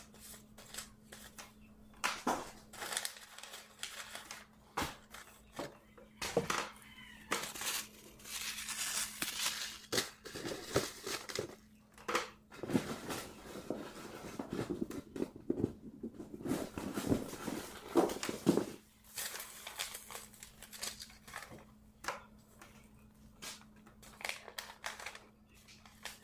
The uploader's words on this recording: Sorting Seed packets. Sorting packets of seeds.